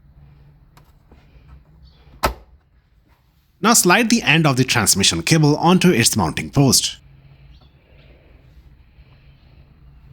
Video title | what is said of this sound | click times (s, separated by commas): How to replace shift lever assembly in Kia Sportage | Align it with the mounting point, and push it down until it snaps into place. | 2.2 s